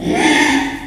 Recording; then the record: squeal of a Yucatan mini pig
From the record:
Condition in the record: after surgery on the right vocal fold (resection and tissue-engineered implant); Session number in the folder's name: 3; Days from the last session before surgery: 33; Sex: male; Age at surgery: 12 weeks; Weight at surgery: 13 kg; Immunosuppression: cyclosporine, prednisolone